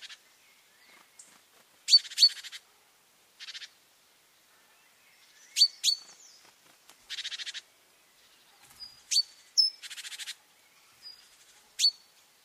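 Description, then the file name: Great tit with rasping buzzy churrs mixed with sharp, high metallic chinks, coming in irregular bursts against a quiet background. "Parus major"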